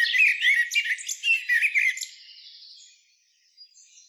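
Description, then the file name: Common blackbird producing a rapid series of loud, squeaky chattering notes for two seconds, which then fade into faint, thin high tones. "Turdus merula"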